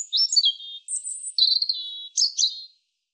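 European robin singing nearly continuously: high, thin whistles that slide and waver, mixed with short sparkling twitters, then a sudden stop.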